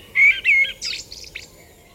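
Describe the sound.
Common blackbird: a short burst of two clear whistled notes followed by a higher squeaky twitter, fading into soft background hiss.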